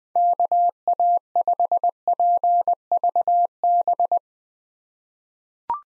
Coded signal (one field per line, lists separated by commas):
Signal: Morse code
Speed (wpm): 21 wpm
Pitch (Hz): 700 Hz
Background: none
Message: KA5PVB